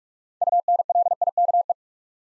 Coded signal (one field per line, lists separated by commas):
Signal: Morse code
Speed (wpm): 44 wpm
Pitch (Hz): 700 Hz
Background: none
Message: UNLIKE